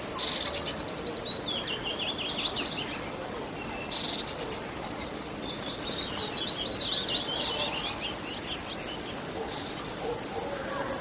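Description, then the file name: Eurasian blue tit with high, sharp repeated notes, a jumbled phrase early, a quiet gap, then a long run of rapid evenly spaced high notes. "Cyanistes caeruleus"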